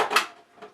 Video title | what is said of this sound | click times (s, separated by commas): AICOK Masticating Juicer - Juice on a Budget | Locks into place. | 0.2 s